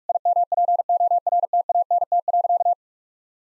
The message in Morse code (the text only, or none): IMPORTANT.